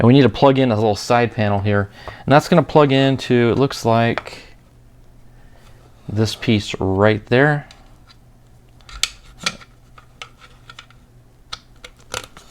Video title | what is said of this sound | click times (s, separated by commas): DeAgostini ISS Model - (Stages 51-52) | It just pops into place there. | 9.0 s